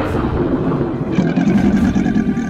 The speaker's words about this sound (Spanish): Surgió del abismo un ser infernal, un dragón morado que salió del mar. Rugió como un trueno.